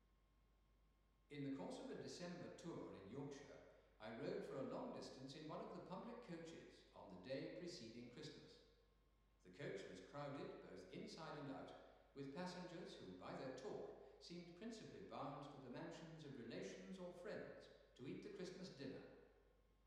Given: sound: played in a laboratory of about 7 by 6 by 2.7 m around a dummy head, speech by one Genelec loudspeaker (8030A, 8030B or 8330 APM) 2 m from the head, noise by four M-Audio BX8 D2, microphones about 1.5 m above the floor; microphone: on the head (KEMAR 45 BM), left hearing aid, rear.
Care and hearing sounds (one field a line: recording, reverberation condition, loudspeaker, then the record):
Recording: male speech in English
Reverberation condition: high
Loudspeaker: behind (180 degrees)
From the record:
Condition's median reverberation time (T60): about 1300 ms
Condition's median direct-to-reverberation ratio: about -4.0 dB